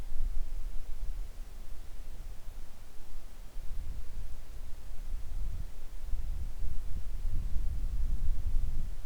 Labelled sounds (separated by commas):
wind